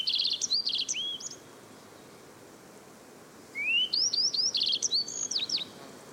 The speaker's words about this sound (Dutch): Deze geelbrauwgors, een zangvogel die op de Oost-Siberische taiga broedt en gewoonlijk overwintert in China, was waarschijnlijk verdwaald op zijn najaarstrek. Hier horen we hem nog even.